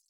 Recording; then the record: hydrophone in a shrimp aquaculture tank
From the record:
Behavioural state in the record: feeding